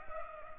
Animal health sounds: mosquito wingbeat signal from an infrared sensor; Culex pipiens

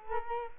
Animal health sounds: mosquito wingbeat signal from an infrared sensor; Culex quinquefasciatus

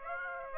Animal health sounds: mosquito wingbeat signal from an infrared sensor; Aedes aegypti

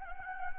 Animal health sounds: mosquito wingbeat signal from an infrared sensor; Anopheles gambiae

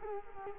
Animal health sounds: mosquito wingbeat signal from an infrared sensor; Culex quinquefasciatus

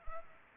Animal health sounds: mosquito wingbeat signal from an infrared sensor; Anopheles arabiensis

